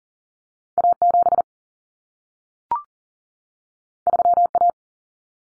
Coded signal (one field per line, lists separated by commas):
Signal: Morse code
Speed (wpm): 40 wpm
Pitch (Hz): 700 Hz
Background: none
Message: A7 3A